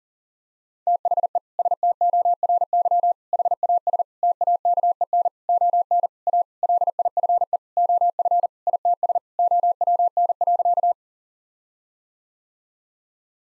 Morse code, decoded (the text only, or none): THE STORY HAS TAKEN ON A LIFE OF ITS OWN.